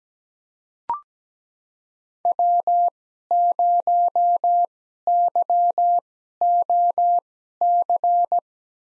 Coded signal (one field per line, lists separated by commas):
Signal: Morse code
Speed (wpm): 17 wpm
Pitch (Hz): 700 Hz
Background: none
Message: W0YOC